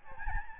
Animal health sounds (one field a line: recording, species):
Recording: mosquito wingbeat signal from an infrared sensor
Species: Aedes albopictus